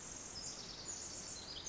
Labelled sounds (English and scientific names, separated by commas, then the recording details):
Pacific Wren (Troglodytes pacificus)
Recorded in Sonoma County, California